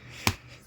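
A RAM stick (memory module) is pressed down into its motherboard DIMM slot. A single sharp click is heard at 0.3 s above a low background hum. The module seats in its slot.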